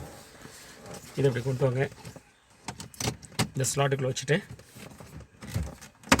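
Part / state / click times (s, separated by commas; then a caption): plastic connector or clip into instrument cluster slot / seated / 6.1 s. A plastic connector or clip is placed into its slot on a Maruti Ritz instrument cluster during repair and pressed home while someone talks, with small handling clicks and rattles between about 2.7 s and 3.3 s. It snaps in with a sharp click at 6.1 s, seating and locking in place.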